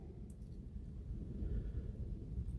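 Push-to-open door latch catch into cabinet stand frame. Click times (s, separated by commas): 0.3 s, 0.5 s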